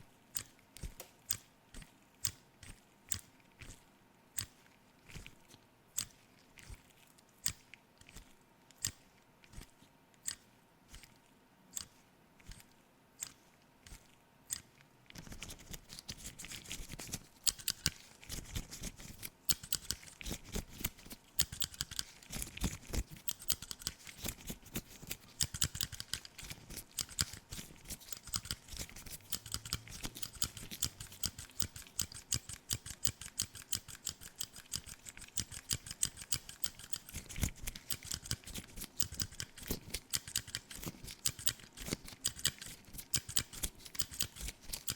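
Face cleaning for the camera, starting with a slow, regular series of crisp clicks and snips about twice a second. Around fifteen seconds it turns into dense, continuous scratchy rubbing and brushing, with quick ticks scattered throughout and a faint steady hum underneath.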